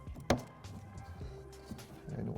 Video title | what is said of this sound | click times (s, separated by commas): ACS Composite Five7 Front Grill Installation Guide - 2014+ C7 Corvette - 45-4-273 | once I hear the snap, I know that it's properly secured. | 0.3 s